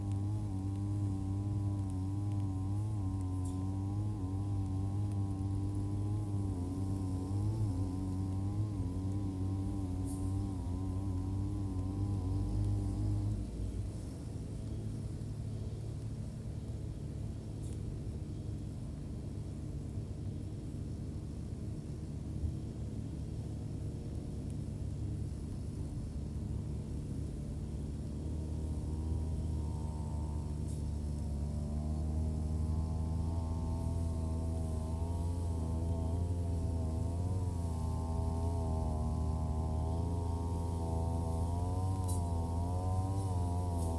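A grass cutter's engine drones steadily with a wavering pitch, easing lower from about 14 to 30 seconds before revving up again.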